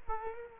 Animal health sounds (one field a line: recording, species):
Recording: mosquito wingbeat signal from an infrared sensor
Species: Culex quinquefasciatus